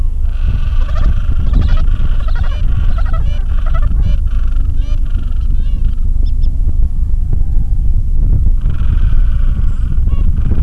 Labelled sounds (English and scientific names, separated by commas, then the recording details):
Gentoo Penguin (Pygoscelis papua)
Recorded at the colony at Whistle Cove, on 23 December 2014
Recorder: Song Meter SM2+